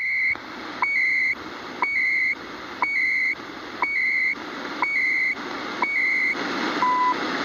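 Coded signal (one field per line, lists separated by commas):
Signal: radio time signal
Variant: CHU Canada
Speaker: And while we're at it, let's get the French ID. Canada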